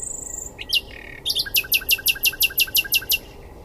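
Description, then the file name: Common nightingale song: a thin high whistle and a few sharp notes, then a fast run of about ten loud, evenly spaced, metallic strokes. "Luscinia megarhynchos"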